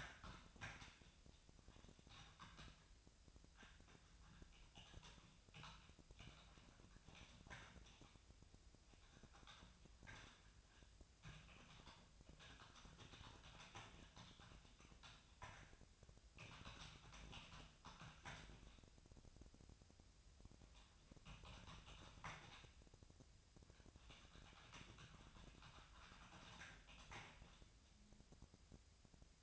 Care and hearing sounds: daily activity, microphone in the room; typing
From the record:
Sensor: 2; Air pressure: 999.1 hPa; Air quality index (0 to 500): 207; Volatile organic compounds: 35 ppm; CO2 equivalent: 3066 ppm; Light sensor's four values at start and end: 7/17/6/7 and 7/17/6/7

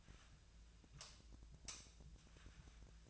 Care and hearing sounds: daily activity, microphone in the room; light off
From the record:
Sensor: 2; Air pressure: 1009.7 hPa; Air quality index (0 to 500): 181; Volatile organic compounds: 10 ppm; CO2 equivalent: 2254 ppm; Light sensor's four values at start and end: 32/83/35/37 and 27/65/28/31

